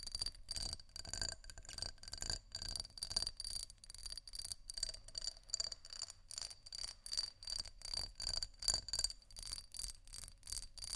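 Textured glass is scratched and tapped in a quick, uneven rhythm of short bright strokes, with a thin ringing tone lingering throughout.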